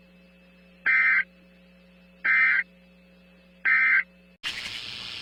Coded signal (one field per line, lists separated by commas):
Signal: Emergency Alert System (SAME) tones